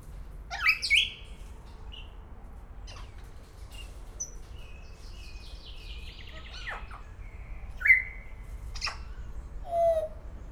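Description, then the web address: Grey parrot mixing harsh squawks, drawn-out wavering whistles and a final low falling whistle, with clicks scattered between. Szeged Zoo, 2011; calling continuously every day. "allathangok szegedizoo 2011 standardt jakopapagaj folyamatosanaprankent"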